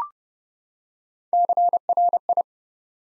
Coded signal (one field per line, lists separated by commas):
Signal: Morse code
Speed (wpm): 30 wpm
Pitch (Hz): 700 Hz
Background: none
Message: CRI